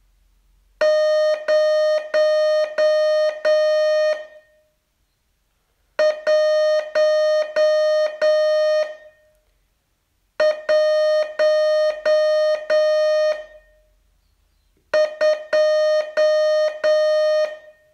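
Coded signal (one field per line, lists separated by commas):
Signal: Morse code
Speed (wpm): 9 wpm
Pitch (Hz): 610 Hz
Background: music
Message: 0 1 1 2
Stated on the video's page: Morse training lesson, day 37 of a 42-day course.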